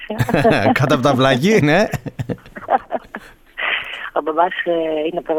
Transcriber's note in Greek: γέλια